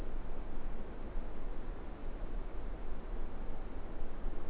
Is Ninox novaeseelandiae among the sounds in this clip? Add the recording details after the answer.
no. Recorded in New Zealand. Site Eglinton